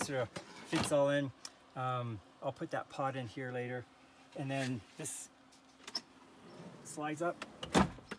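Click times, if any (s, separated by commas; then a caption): 7.6 s. Someone talks as a storage drawer on metal drawer slides in a truck's rear camping kitchen setup is slid up. A sharp click at 7.6 s marks the drawer slide locking into place, so the drawer is secured and won't come out.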